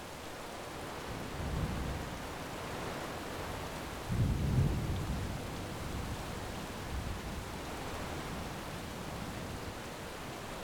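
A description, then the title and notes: A thunderstorm outside: steady rain hisses throughout, dense and even across the whole clip. Low rumbles of thunder roll underneath, a soft one near 1.5 seconds and a louder burst around 4 to 5 seconds, fading back into the rain. Thunder Storm Outside.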